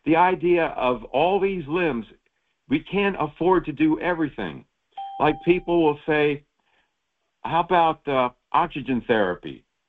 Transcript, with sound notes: the idea of all these limbs, we can't afford to do everything.
(bell rings) Like people will say, "How about, uh, oxygen therapy?"